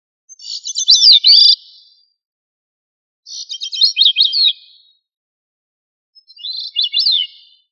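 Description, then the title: Thrush song: three short, rich warbled phrases of quick rising and falling notes, each one to one and a half seconds long, separated by pauses of roughly one and a half seconds, with no other sounds. "Familia Turdidae - Sabia"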